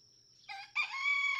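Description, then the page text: Red junglefowl (chicken): rooster crowing: a short first note, then a louder held harmonic note, cut off at the end. Several roosters, each with its own distinct crow, in a barnyard just outside Mammoth Cave National Park, Kentucky, June 2, 2010. "Birdsong for the Curious Naturalist Red junglefowl (chicken) No two roosters crow alike in this Kentucky barnyard. June 2, 2010. Just outside Mammoth Cave National Park, Kentucky."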